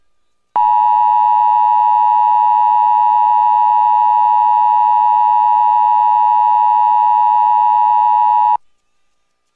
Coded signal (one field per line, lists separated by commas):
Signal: Emergency Alert System (SAME) tones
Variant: 853 and 960 Hz attention tone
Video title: EAS Flash Flood Warning Corozal Morovis PR oficial tone. 18 may 2025